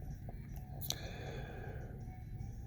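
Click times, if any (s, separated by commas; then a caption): 0.9 s. The interior tool lock on the handle of a Leatherman Charge TTI multitool, which has titanium scales and upgraded blade steel, is released by pushing the lock bar down and pushing the tool out. After faint ticks around 0.3 s and 0.6 s, a sharp metallic click at 0.9 s marks the tool coming unlocked, over a low, steady background hum.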